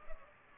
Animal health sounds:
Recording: mosquito wingbeat signal from an infrared sensor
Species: Culex pipiens

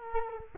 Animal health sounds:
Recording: mosquito wingbeat signal from an infrared sensor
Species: Culex quinquefasciatus

